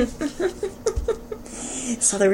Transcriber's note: laughter